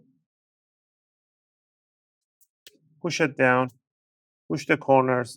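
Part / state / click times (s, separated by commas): laptop bottom cover onto chassis / not seated / none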